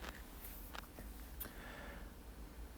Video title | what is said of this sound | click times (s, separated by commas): Trash to Track - 153 - Hornby Flying Scotsman double tender | And it just goes back with a satisfying snap. | 1.4 s